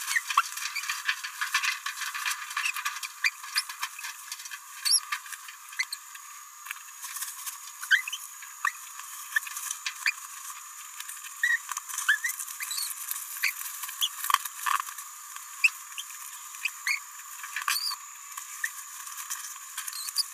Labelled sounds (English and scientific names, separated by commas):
Green-rumped Parrotlet (Forpus passerinus) babbling